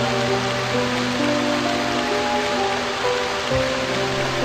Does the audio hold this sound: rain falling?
yes